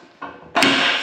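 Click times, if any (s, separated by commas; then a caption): 0.6 s. A steel lock lever on the quick-attach mechanism of a machine attachment is slammed back down after being pulled out and lifted, following a softer noise at about 0.2 s. It hits with a sharp metallic clank at 0.6 s and another at 0.6 s, then rings on. The lever latches and locks into place.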